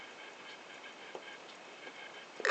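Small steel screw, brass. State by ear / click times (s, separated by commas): stripped / none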